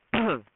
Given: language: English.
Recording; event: throat vibration sensor signal played as sound; cough